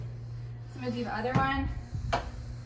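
A shoe cleat on the second foot is being handled into a spin bike's clipless pedal while someone talks, with a low steady hum underneath and a couple of brief handling knocks. The clip ends before the cleat goes home, so nothing has seated or clicked yet.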